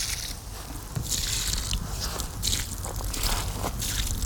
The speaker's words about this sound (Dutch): En dan loopt ze weg om nieuw water te gaan halen. Om de vaas opnieuw te vullen, de paar verse bloemen op het graf water te geven.